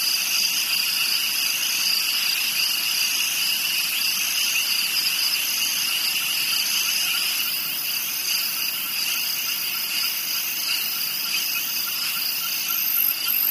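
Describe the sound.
Dense chorus of cricket trills, high and continuous, several pitches overlapping with a slight pulsing throughout.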